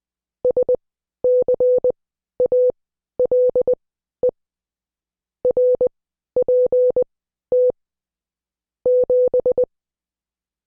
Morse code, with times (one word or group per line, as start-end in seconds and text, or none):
0.4-4.3 SCALE
5.5-7.7 RPT
8.9-9.6 7